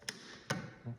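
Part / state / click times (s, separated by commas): PVC sill piece of another brand onto window frame profile / partly seated / 0.1 s, 0.5 s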